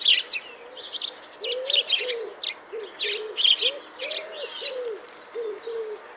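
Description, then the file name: House sparrow giving repeated sharp chirps in uneven runs, while low rounded cooing notes from another bird sound beneath them. "Passer domesticus"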